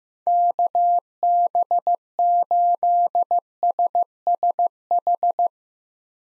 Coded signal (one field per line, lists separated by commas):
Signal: Morse code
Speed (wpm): 15 wpm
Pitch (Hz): 700 Hz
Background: none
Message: KB8SSH